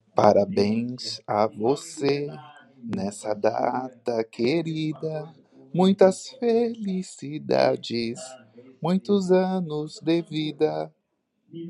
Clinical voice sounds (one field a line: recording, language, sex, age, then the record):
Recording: short text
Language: Brazilian Portuguese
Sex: male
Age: 30 to 39 years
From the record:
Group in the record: control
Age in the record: 31 years